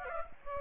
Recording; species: mosquito wingbeat signal from an infrared sensor; Aedes aegypti